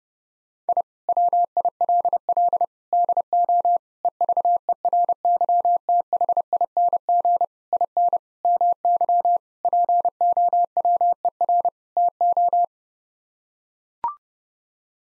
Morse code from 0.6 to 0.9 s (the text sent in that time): I